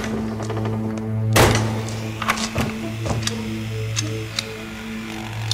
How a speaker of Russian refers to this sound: Коля задвигает щеколду, закрывает дверь на висячий замок.